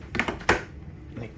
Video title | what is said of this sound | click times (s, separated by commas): Best Pressure Washer to Use in 2022 - STIHL RE90 | click and right into here | 0.5 s